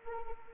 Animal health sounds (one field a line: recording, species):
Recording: mosquito wingbeat signal from an infrared sensor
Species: Anopheles arabiensis